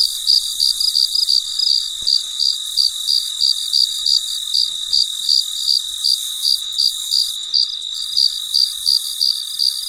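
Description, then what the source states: Cricket sounding even, high pulsed chirps around three a second amid a constant buzzing insect chorus. Recorded late at night; very quiet surroundings.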